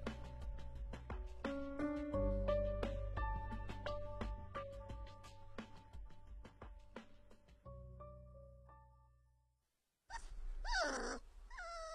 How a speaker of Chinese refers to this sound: 在跟池小池玩闹过后，狗肉又不死心地去他身边转圈，对着空气吠上两声，像是要捉出和他捉迷藏的蝼蚁。